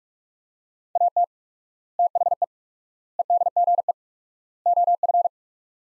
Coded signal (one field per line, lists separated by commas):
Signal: Morse code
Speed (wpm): 42 wpm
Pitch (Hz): 700 Hz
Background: none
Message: AT THE EDGE OF